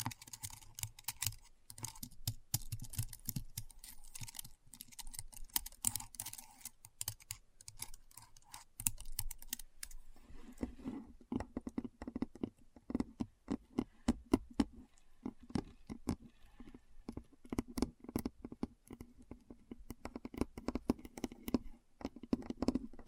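Typing on a computer keyboard, a dense, uneven run of clicky keystrokes throughout. For the first ten seconds the taps sound brighter and sharper, with some brief pauses; after that the strokes turn lower and thumpier, with occasional louder key hits standing out.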